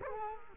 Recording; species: mosquito wingbeat signal from an infrared sensor; Culex quinquefasciatus